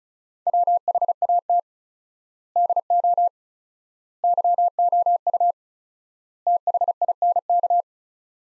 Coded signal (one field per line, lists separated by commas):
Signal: Morse code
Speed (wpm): 34 wpm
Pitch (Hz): 700 Hz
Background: none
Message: WHAT DO YOU THINK